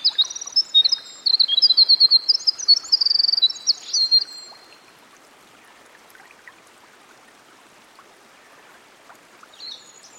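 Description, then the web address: Winter wren song: a rapid, high tumbling cascade of tinkling notes and trills lasting about four seconds, then near silence with soft background hiss and a brief high phrase at the end. Recorded by a stream. "Dan Gibson Songbirds By The Stream. Winter Wren"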